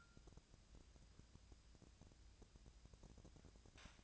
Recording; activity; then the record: daily activity, microphone in the room; take from stove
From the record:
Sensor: 2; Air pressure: 999.8 hPa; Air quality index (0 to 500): 123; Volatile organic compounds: 2 ppm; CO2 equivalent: 1057 ppm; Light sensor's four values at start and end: 36/89/39/44 and 36/89/39/44